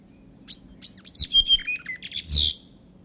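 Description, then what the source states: Whitehead territorial call: a series of short high chirps and whistled notes, ending in a bright slurred phrase, lasting about two seconds. Male whitehead; territorial call.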